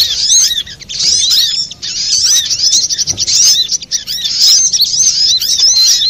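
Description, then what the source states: Little spiderhunter song: continuous high chattering with quick, looping notes, briefly dipping in volume before resuming at full strength. Master recording for training cage birds.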